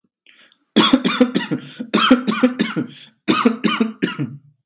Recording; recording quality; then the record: shallow voluntary cough; excellent, no background noise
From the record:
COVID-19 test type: RT-PCR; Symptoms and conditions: cough, cold, breathing difficulty, sore throat, loss of smell and taste, asthma, hypertension, diabetes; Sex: male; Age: 23 years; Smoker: no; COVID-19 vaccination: both doses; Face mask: not worn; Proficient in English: yes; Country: India